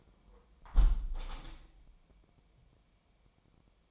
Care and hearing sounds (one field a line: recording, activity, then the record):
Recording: daily activity, microphone in the room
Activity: close window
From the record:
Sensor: 1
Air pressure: 1014.9 hPa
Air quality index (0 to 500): 32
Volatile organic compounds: 1 ppm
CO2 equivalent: 546 ppm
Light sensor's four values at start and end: 10/25/10/11 and 10/25/10/11